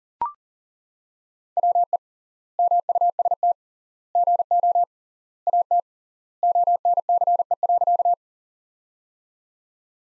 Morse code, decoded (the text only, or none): WE MUST GO AT ONCE.